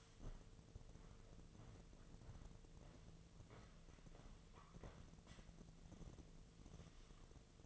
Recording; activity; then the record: daily activity, microphone in the room; walk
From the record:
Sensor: 4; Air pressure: 1006.3 hPa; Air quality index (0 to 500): 86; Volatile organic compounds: 2 ppm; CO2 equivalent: 1070 ppm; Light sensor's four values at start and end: 12/27/10/10 and 12/27/10/10